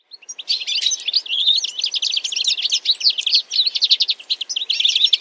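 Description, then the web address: Bird calls: a continuous rush of high, sharp chirps and tweets crowded closely together without a break. "Deverinetal. Bird Only"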